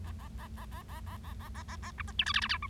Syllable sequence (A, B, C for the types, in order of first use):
A A A A A A A A A A A A B C D E F F G H